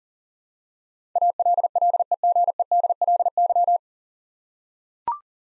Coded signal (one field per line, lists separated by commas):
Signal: Morse code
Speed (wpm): 40 wpm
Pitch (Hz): 700 Hz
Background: none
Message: ALLEGEDLY